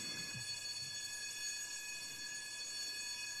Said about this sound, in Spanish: Las alarmas. El timbre. Se ha oído bien, Felipe.